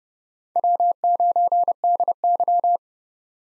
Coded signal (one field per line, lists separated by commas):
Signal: Morse code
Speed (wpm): 32 wpm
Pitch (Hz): 700 Hz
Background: none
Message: W9DY